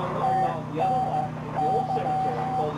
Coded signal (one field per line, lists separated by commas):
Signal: Morse code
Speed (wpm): 14 wpm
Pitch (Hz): 760 Hz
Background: speech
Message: TNY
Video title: Fond du Lac Amateur Radio Field Day & Christmas Party from 1996 - From the herritage Files!